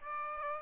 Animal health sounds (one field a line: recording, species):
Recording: mosquito wingbeat signal from an infrared sensor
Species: Aedes aegypti